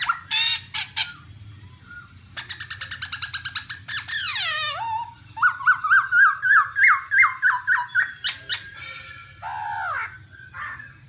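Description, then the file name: Black-throated laughingthrush song mixing harsh squeaky chatter and a buzzy descending call with a quick series of rising whistled notes, over a steady low hum. "tieng khuou bac ma hot"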